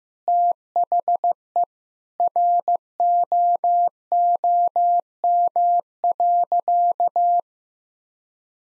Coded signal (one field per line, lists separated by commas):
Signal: Morse code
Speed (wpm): 15 wpm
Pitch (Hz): 700 Hz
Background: none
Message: THE ROOM.